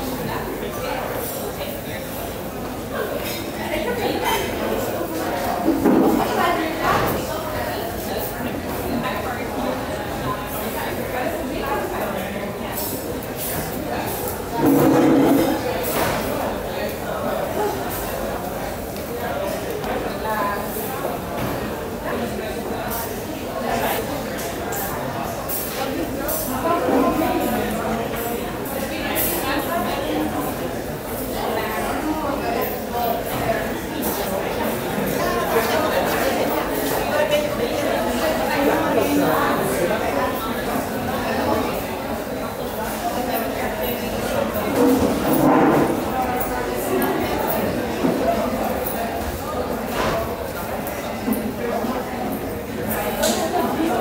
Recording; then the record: background sound without coughing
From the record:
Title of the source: 40 min - Ambience sounds UNIVERSITY lunchroom chatting